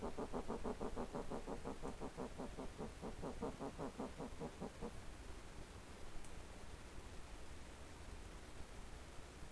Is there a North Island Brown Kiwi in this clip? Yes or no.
no